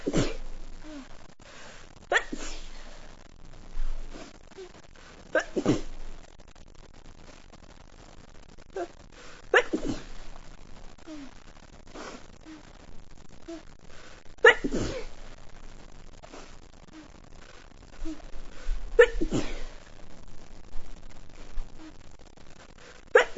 Female sneezes.